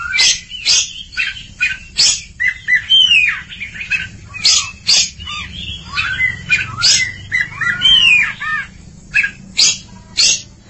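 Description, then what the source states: Oriental magpie-robin song: loud rising and falling whistles mixed with sharp clipped notes and chattering, delivered in irregular phrases throughout. Long-duration recording.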